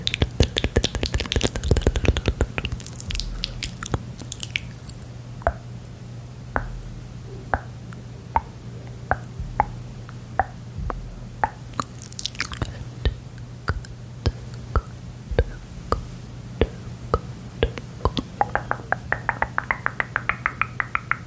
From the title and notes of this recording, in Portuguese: Um ASMR focando em sons de boca com a sensibilidade do microfone no máximo para promover relaxamento intenso e arrepios.